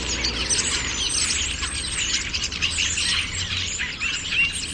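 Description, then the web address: Birds chattering in a thick, continuous wash of high twittering notes, no single voice standing apart, over a low background rumble. "birddata Deverinetal 2025 Bird Only More Classes St Vu St Vu"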